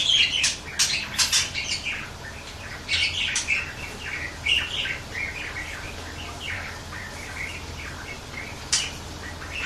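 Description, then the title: Birds chirping softly, a mix of short high notes and brief twitters scattered across the stretch, with a few sharper calls standing out. Mixed birds. "Burung Campur4"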